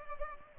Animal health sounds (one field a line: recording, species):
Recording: mosquito wingbeat signal from an infrared sensor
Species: Culex pipiens